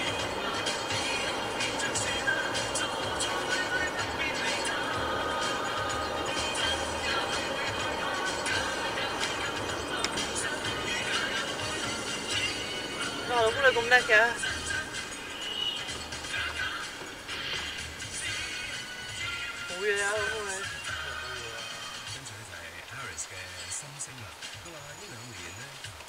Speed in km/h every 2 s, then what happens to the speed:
93, 93, 93, 93, 90, 72, 55, 38, 30, 17, 12, 5, 4.
0-8 steady at about 93. 8-22 brakes to 5.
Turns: none.